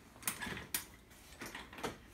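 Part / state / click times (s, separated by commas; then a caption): side rail hinge locks of a folding travel cot frame / seated / 0.3 s, 0.8 s. The remaining side rail hinge locks of a folding travel cot frame are snapped into their locked positions. Two sharp clicks are heard at 0.3 s and 0.8 s, followed by softer rustling and handling noise. All four sides of the travel cot are clicked into place.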